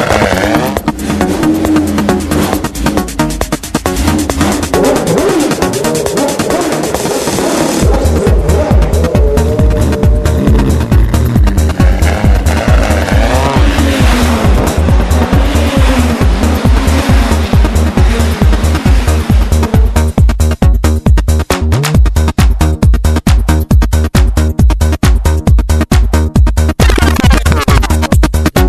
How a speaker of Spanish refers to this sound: esta es la sintonía de nuestra sección de motor Escape Libre